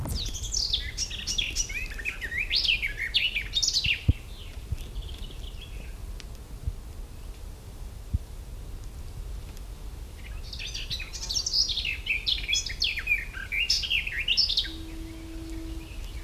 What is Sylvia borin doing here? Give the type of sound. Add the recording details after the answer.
song. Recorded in the wild. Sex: male. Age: adult. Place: Huywald, Huy, Sachsen-Anhalt, DE. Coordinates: 51.9486, 10.9519. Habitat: high forest. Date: 1971-07-11 12:35. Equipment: Uher 4200 Report-S, Tesla Verstärker, Sennheiser MD 421. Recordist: Tembrock, Günter. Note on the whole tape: Gesang, auf einer Eiche auf dem Höhenweg des Huy-Waldes